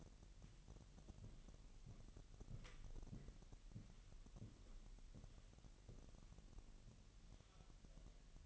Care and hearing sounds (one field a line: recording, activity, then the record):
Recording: daily activity, microphone in the room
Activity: walk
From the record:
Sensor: 4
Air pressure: 1002.9 hPa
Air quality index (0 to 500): 248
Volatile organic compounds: 28 ppm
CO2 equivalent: 2911 ppm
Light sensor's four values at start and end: 8/19/8/8 and 8/19/8/8